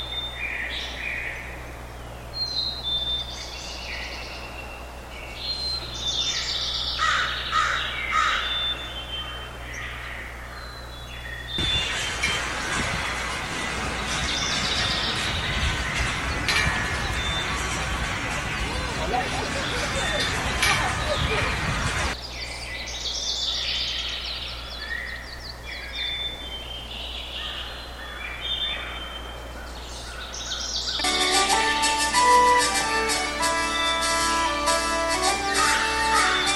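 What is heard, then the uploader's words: Dawn birdsong of scattered chirps and short bright phrases sits over a low steady hum. Around 11 to 22 seconds a loud, dense rushing noise abruptly takes over, then the birds return, and the final seconds turn busier with thick, overlapping high calls. We embedded the sound of pipes singing with the wind – air blowing through metal – making a sound which wrapped itself around the birdsong. These pipes are part of an installation sculpture that we found in a Southbank London festival during the autumn. Dawn chorus in Ontario reimagined. Birdsong at dawn and the sounds of nature.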